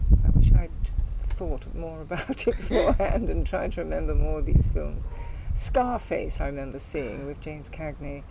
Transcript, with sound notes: I wish I'd thought more about it [laughs] beforehand-- [laughs] And tried to remember more of these films. Scarface I remember seeing with James Cagney.